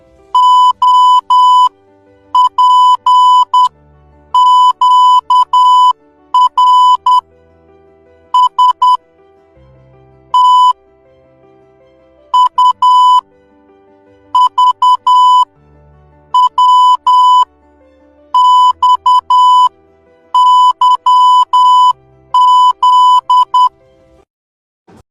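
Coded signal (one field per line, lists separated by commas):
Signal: Morse code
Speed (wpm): 10 wpm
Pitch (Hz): 1000 Hz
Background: music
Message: O P Q R S T U V W X Y Z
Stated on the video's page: Morse code alphabet lesson.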